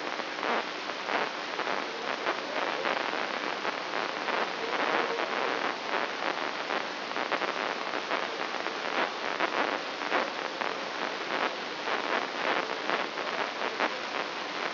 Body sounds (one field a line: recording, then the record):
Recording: brain microelectrode recording played as sound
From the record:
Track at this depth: outside the subthalamic nucleus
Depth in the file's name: 7.46 mm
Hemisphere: left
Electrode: 3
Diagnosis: Parkinson's disease